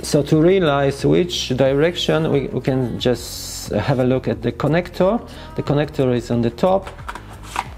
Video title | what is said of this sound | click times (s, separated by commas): DJI MINI 2 Beginners Setup Guide (ENG) 🇺🇸 | so we position and it should click the battery should click into place then | 7.6 s